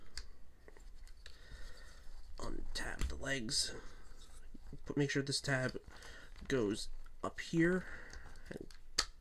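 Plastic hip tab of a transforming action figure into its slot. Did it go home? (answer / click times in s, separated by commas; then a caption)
yes / 9.0 s. During transformation of a Transformers Legacy United Cosmos plastic action figure, someone talks while the legs are untabbed and a plastic hip tab is pushed up into its slot at the hips, with faint handling clicks along the way. A sharp, loud click at 9.0 s marks the tab seating in place, completing the hips.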